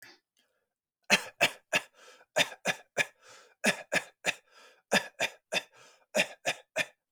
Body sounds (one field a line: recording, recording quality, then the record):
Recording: shallow voluntary cough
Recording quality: excellent, no background noise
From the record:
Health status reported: exposed to COVID-19, no respiratory illness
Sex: male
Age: 26 years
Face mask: not worn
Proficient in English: yes